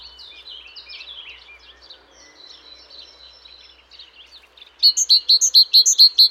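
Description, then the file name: Great tit calls: a loud run of sharp, rapidly repeated notes after several seconds of faint chirping. "Parus major"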